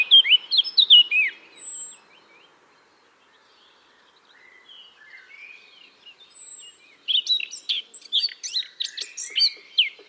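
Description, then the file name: Eurasian blackcap song: a burst of varied warbled notes, a thin high whistle, a long quiet pause with soft twittering, then another fast, rich warble. "Sylvia atricapilla"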